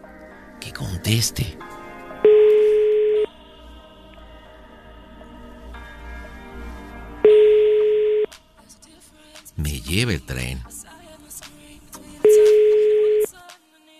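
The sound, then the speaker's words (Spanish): A phone call rings unanswered: three steady, mid-pitched ringback tones, each about a second long, repeat at even intervals, with short bursts of people talking in the gaps. “No contesta, pues dame el teléfono de Marifer”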